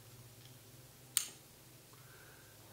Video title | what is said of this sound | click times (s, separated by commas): Ambio Wireless Connector - How to replace the battery | then the battery sled slides back into the wireless connector until you hear a click | 1.2 s